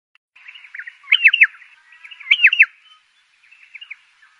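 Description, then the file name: Pardalote song: two bright, sharply dropping chirpy phrases with soft twittering between them and a fainter phrase at the end. "canto do pardalote"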